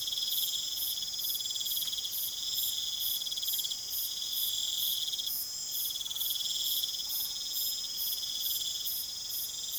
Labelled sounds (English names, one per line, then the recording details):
none
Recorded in pastures near Puerto Asís, Putumayo, Colombia, on 25 June 2025 at 22:00
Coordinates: 0.487, -76.322
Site H26